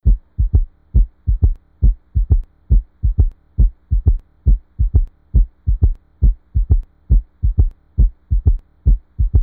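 Steady, regular paired low thumps repeat at about 68 cycles a minute over a faint constant hum. A baby's heartbeat with an even rhythm throughout.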